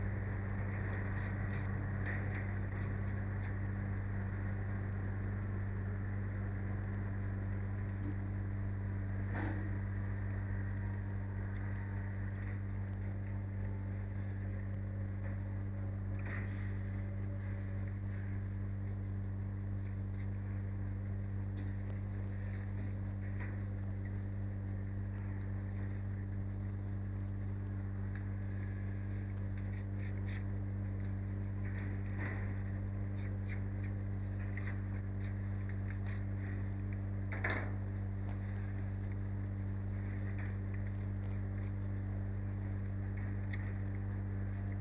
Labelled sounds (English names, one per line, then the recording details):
Arctic Fox
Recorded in captivity
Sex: pair
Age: adult
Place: Zoologisches Institut der HUB, Berlin, DE
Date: 1958-03-29 16:50
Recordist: Tembrock, Günter